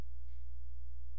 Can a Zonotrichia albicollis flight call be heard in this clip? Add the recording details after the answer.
no. No flight call is heard. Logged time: 00:03 on 16 September 2014